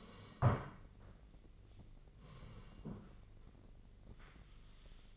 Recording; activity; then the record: daily activity, microphone in the room; sit down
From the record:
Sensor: 4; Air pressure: 1013.1 hPa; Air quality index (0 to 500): 176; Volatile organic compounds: 2 ppm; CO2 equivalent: 1111 ppm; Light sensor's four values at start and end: 49/121/51/55 and 49/121/51/55